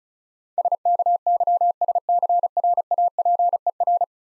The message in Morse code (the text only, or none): SKYSCRAPER